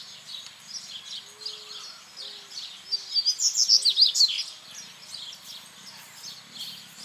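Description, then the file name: Seedeater, a fast sequence of high, sweeping chirps in the middle, alongside a few low soft whistles and background bird chatter. Recorded at El Aromito, Federación, on 8 January 2013 at 19:41. "Corbatita-El-Aromito-Federacion-08012013-1941 hs-Eco Registros"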